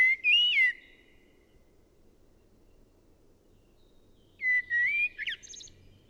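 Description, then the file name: Common blackbird: a short warbled whistle ending in a squeaky flourish, long silence, then a second fluty phrase finishing with high twittery notes. "Turdus merula"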